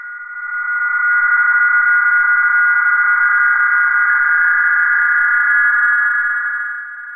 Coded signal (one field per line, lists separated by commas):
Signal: PSK31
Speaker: i'm transmitting the audio is muted and hence all you see in the waterfall is my transmitted data stream